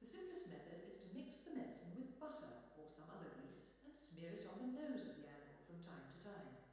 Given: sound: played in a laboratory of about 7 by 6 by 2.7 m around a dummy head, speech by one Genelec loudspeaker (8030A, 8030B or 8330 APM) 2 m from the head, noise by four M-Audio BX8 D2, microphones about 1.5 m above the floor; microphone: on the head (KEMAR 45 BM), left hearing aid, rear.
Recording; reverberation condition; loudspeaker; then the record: female speech in English; high; 150 degrees to the right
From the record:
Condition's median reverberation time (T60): about 1300 ms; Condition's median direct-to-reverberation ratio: about -4.0 dB